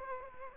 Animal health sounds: mosquito wingbeat signal from an infrared sensor; Culex quinquefasciatus

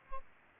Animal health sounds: mosquito wingbeat signal from an infrared sensor; Aedes albopictus

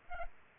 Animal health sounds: mosquito wingbeat signal from an infrared sensor; Culex pipiens

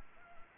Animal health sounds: mosquito wingbeat signal from an infrared sensor; Anopheles gambiae

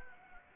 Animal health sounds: mosquito wingbeat signal from an infrared sensor; Anopheles gambiae

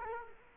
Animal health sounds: mosquito wingbeat signal from an infrared sensor; Culex quinquefasciatus

